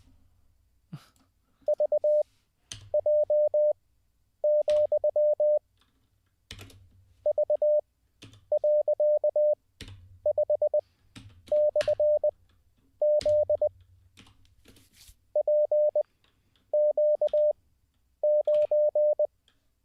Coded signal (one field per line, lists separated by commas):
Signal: Morse code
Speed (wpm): 20 wpm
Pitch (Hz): 600 Hz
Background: none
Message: VJ, V.5/Z PQ9